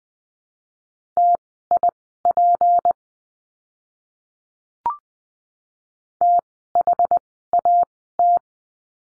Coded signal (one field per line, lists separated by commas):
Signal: Morse code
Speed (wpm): 20 wpm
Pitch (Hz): 700 Hz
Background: none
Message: TIP THAT